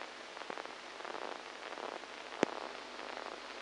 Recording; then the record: brain microelectrode recording played as sound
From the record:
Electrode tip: inside the subthalamic nucleus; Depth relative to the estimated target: -4 mm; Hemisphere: right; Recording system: NeuroSet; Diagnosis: Parkinson's disease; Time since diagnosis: 7 years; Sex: male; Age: 69 years